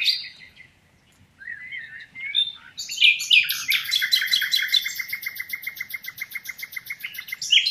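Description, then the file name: Common nightingale song: scattered notes and sliding whistles, then a loud, rapid series of harsh repeated notes. "Luscinia megarhynchos"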